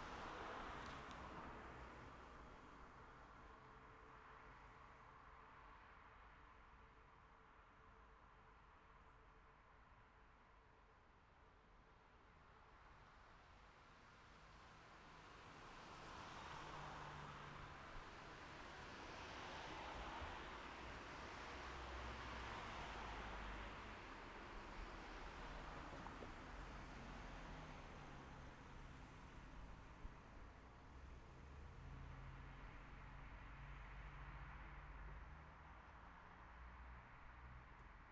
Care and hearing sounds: everyday scene through a hearing-aid microphone; in traffic; traffic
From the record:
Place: city secondary road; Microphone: behind the ear, left, front

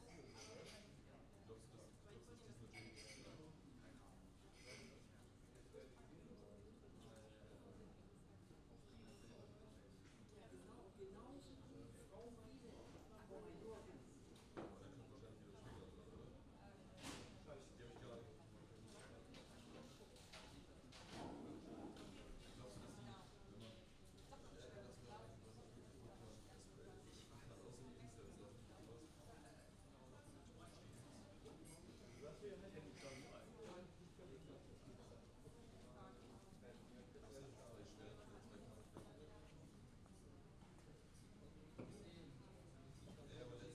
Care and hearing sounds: everyday scene through a hearing-aid microphone; many people talking; many voices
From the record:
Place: university cafeteria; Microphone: in the ear canal, left

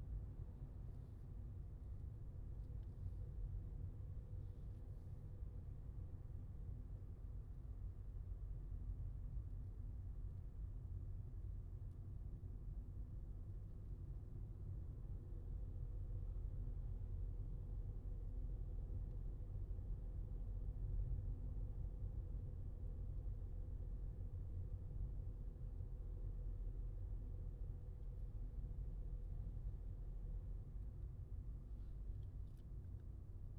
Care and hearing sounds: everyday scene through a hearing-aid microphone; in a vehicle; engine, highway driving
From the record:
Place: Skoda Fabia, gasoline engine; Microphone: in the ear canal, left

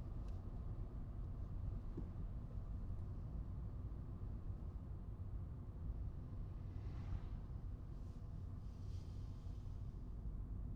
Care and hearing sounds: everyday scene through a hearing-aid microphone; in a vehicle; engine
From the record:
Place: Skoda Fabia, gasoline engine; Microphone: in the ear canal, right

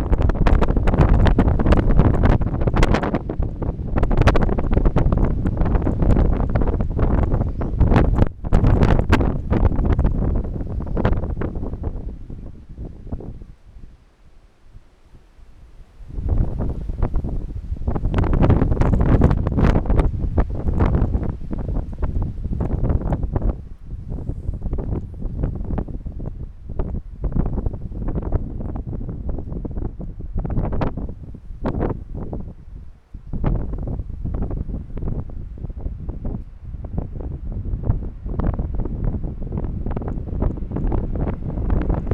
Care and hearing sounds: everyday scene through a hearing-aid microphone; wind on the microphone; squally wind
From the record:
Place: parking lot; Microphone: behind the ear, right, rear

